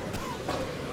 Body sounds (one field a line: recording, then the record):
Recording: coughing mixed with background sound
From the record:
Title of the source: Coughing 51